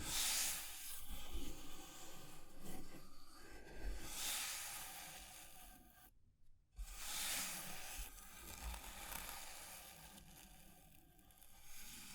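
Fire crackles and hisses under a steady, dense wash of noise, with bright hissing surges near the start, around four seconds and again near eight. Low knocks and rubbing, scratchy sounds run throughout, and a brief dead silence cuts in just after six seconds.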